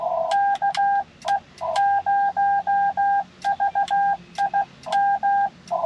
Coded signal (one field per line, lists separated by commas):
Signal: Morse code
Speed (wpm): 16 wpm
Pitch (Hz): 800 Hz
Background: none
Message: KE0VIM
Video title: CW POTA in MinneSOTA!!!